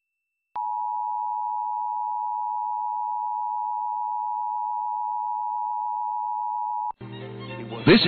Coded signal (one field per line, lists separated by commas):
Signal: Emergency Alert System (SAME) tones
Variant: 853 and 960 Hz attention tone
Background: speech, music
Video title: EAS RMT In Washington DC (12-21-22 WETA-DT5)